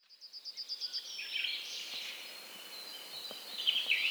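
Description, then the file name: Eurasian wren singing a quick, high trill of repeated notes that blurs into a rushing, noisy jumble, with a brighter burst at the end. "Troglodytes troglodytes"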